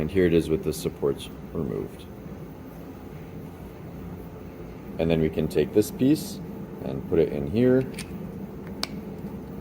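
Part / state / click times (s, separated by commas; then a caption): 3D-printed plastic peg into a hole in a mating printed part / seated / 8.8 s. Someone talks while a freshly printed plastic piece, with its supports removed, is pushed into a hole in another 3D-printed part. A sharp click at 8.8 seconds is heard as it snaps into place, fully seated.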